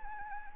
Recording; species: mosquito wingbeat signal from an infrared sensor; Anopheles arabiensis